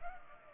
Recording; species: mosquito wingbeat signal from an infrared sensor; Culex pipiens